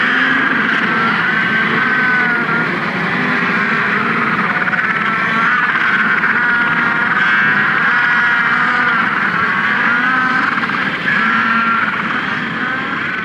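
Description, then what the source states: Penguins calling en masse, a dense, unbroken wall of screechy, wavering cries where no single bird stands out. Hundreds of thousands of small penguins in a colony at Herd Point, Macquarie Island, so loud no single bird is distinguishable; the sound heard while going to sleep there.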